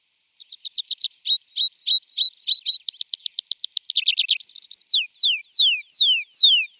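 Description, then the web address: Tree pipit singing a full phrase of quick looping notes, a high thin trilled series, a brief low rattle, then drawn-out downward slurs. "Schulze Peter Tree Pipit song"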